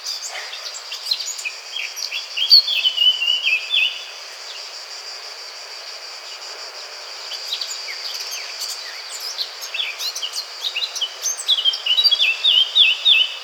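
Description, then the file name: Eurasian blackcap song: bursts of fast, scratchy warbled notes, the first around two seconds, another after a quieter middle stretch, over a steady high hiss. "Sylvia atricapilla"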